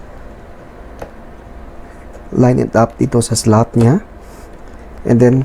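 A second RAM stick is lined up with a motherboard memory slot but has not seated or clicked yet. Over low background hiss there is one brief, faint tap at 1.0 s, and someone talks from about 2.3 s to the end.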